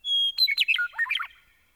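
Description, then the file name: Meadowlark song phrase: a long, pure, steady whistle followed by a rapid, descending cascade of fluty, gurgling notes that fades out quickly. "Gordon Hemption - Meadowlark"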